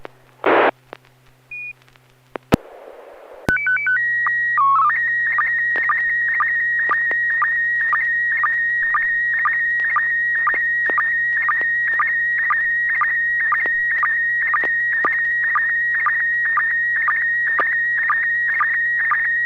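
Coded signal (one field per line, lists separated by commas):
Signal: SSTV (slow-scan television)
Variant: PD120 mode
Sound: static burst, two-tone calling header, then steady warbling scan tone with regular ticks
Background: FM radio squelch noise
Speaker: if this works it should be uh pd-120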